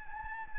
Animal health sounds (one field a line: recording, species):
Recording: mosquito wingbeat signal from an infrared sensor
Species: Anopheles gambiae